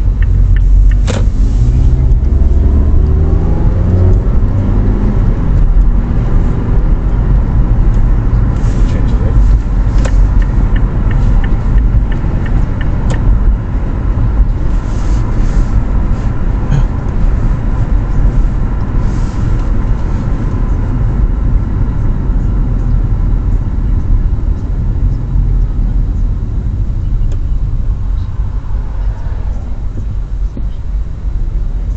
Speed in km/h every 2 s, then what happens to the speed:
13, 38, 46, 49, 50, 51, 51, 51, 49, 47, 42, 33, 23, 13, 9, 9.
0-3 speeds up to 46. 3-14 steady at about 50. 14-28 slows to 9.